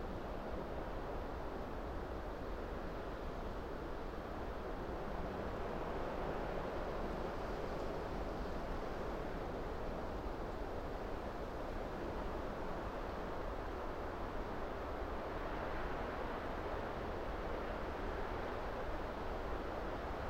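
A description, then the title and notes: A mild breeze moves through an upland fir forest, making a steady, dense rush that holds an even level for the whole stretch. The sound sits low to middle in pitch with a soft hiss above, and no distinct events break the continuous wash. Upland fir forest. All leaning, slightly, against a mild August breeze. We left the Lento mics alone to capture the undulating sound within the heart of this forest.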